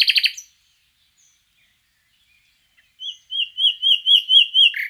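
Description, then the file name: Common nightingale song: a short rapid trill, a long pause, then a rapid series of repeated slurred whistles. "Luscinia megarhynchos"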